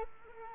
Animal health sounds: mosquito wingbeat signal from an infrared sensor; Culex quinquefasciatus

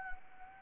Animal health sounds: mosquito wingbeat signal from an infrared sensor; Anopheles arabiensis

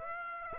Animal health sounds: mosquito wingbeat signal from an infrared sensor; Aedes aegypti

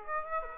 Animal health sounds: mosquito wingbeat signal from an infrared sensor; Aedes aegypti

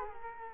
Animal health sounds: mosquito wingbeat signal from an infrared sensor; Culex quinquefasciatus

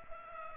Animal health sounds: mosquito wingbeat signal from an infrared sensor; Culex pipiens

